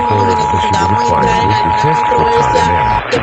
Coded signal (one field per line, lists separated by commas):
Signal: Emergency Alert System (SAME) tones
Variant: 853 and 960 Hz attention tone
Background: speech